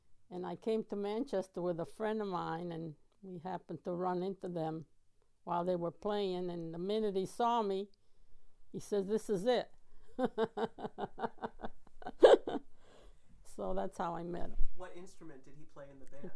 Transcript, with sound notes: and I came to Manchester with a friend of mine, and we happened to run into them while they were playing, and the minute he saw me, he says, "This is it." ( she laughs ) So that's how I met him.
What instrument did he play in the band?